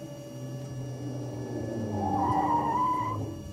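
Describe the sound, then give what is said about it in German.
A car's engine rumbles low, then its tires let out a sharp, wavering squeal for about a second as it skids, the screech loudest near the end before cutting off. “Jetzt wäre er fast um das Auto gekommen.”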